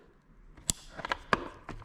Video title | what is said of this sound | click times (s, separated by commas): Headlight Assembly Full Video! (How-To) | That click noise. There we go. | 0.7 s, 1.3 s